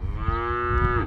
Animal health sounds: contact call of a hoofed animal; cattle; low-frequency (closed-mouth) or high-frequency (open-mouth) call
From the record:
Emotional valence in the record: negative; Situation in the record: full separation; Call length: 1.07 s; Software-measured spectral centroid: 1030 Hz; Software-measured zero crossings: 1420 a second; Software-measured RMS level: -24 dBFS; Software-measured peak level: -11 dBFS

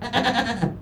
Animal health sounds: contact call of a hoofed animal; goat; low-frequency (closed-mouth) or high-frequency (open-mouth) call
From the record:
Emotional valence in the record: positive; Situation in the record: food anticipation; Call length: 0.82 s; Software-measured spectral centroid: 2210 Hz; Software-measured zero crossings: 1860 a second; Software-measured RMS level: -23 dBFS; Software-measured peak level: -10 dBFS

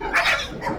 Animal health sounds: contact call of a hoofed animal; wild boar; grunt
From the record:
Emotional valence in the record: negative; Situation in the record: naturally occurring agonistic interactions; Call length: 0.79 s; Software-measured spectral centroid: 2850 Hz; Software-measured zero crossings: 3000 a second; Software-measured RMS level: -23 dBFS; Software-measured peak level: -13 dBFS

